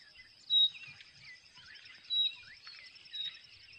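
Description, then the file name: Common nightingale giving sharp whistled call notes every second or so, with faint varied twittering and a continuous high-pitched buzz behind. "Luscinia megarhynchos"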